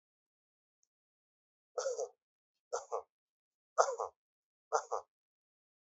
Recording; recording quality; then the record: shallow voluntary cough; excellent, no background noise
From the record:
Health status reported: exposed to COVID-19, no respiratory illness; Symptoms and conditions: diabetes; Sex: male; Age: 35 years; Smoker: not ticked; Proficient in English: yes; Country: India